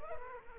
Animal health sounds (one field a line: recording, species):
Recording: mosquito wingbeat signal from an infrared sensor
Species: Culex quinquefasciatus